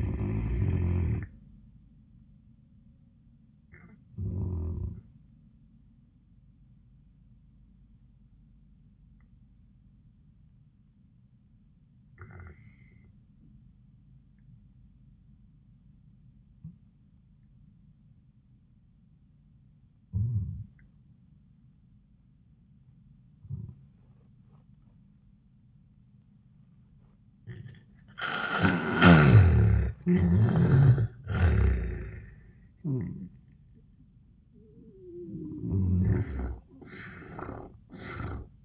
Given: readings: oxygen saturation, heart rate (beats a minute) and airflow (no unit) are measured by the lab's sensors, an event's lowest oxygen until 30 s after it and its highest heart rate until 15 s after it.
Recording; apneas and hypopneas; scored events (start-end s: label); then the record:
breathing in sleep by a smartphone at the bedside; 1
6.00-29.00 s: obstructive apnea (N1, oxygen 97% highest, then 76% lowest, heart rate 94 at the start, 94 highest)
13.00-38.64 s: new sleep stage, N2 (light sleep)
From the record:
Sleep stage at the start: N1 (lightest sleep); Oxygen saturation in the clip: 80 to 97%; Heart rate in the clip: 72 to 94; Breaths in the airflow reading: 3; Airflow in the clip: -13.4 to 9.5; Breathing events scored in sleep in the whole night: 400 in 8.7 hours asleep